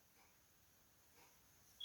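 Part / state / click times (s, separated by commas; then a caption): key fob battery cover onto fob housing / not seated / none. The plastic battery cover of a Honda or Acura key fob (Jazz, Fit, Civic, HR-V, CR-V, Accord, Legend) is lined up on the fob housing before being pushed home, with faint, quiet handling rustles around 0.2 s and 1.2 s. A brief, louder high-pitched tone appears near 1.8 s at the very end. Nothing has seated or clicked yet.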